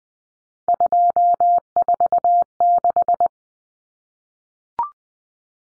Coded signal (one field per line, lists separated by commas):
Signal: Morse code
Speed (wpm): 20 wpm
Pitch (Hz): 700 Hz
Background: none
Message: 246